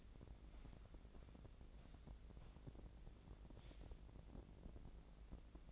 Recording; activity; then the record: daily activity, microphone in the room; walk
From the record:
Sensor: 5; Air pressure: 1012.3 hPa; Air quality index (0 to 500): 162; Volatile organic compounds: 2 ppm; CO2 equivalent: 1104 ppm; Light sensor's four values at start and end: 347/842/357/399 and 346/840/357/398